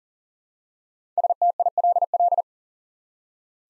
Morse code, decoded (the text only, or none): STILL